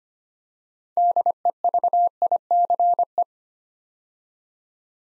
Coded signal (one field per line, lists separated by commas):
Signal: Morse code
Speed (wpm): 25 wpm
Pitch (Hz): 700 Hz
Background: none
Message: DEVICE